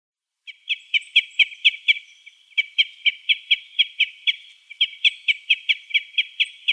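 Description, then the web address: Common crossbill calls: a long, fairly even string of clipped chip notes in rapid succession. "Schulze Peter Common Crossbill calls"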